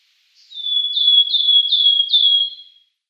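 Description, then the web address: Wood warbler song: five plaintive, downslurred piping notes in quick, even succession, each sliding down and fading, with a quiet background. "Schulze Peter Wood Warbler song"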